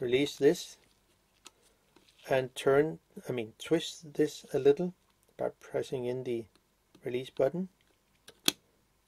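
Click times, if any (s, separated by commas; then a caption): 8.5 s. Someone talks while pressing the release button and twisting the metal breech-lock mount ring a little as it is reassembled into the body of a Canon FD 50mm 1:1.8 lens (new version). A sharp click at 8.5 s marks the mount ring seating into place where it should sit.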